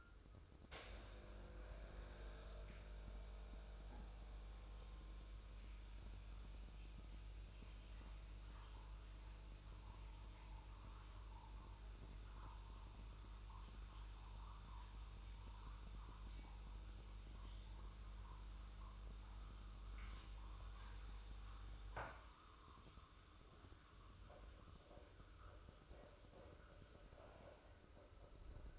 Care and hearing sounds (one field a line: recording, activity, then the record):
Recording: daily activity, microphone in the room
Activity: make coffee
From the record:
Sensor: 2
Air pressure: 995.0 hPa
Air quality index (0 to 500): 52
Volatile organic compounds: 1 ppm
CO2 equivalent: 838 ppm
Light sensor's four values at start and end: 15/51/19/19 and 15/51/19/19